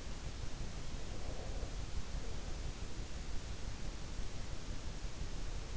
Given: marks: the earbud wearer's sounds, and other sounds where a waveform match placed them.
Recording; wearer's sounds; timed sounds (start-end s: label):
sounds in sleep by an in-ear microphone; breath
0.84-3.21 s: breath